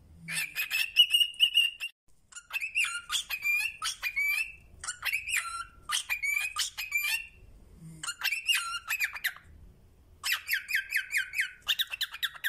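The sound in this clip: Cockatiel whistling and chirping: varied bursts of pulsing whistled notes, some rising, some falling, separated by short pauses.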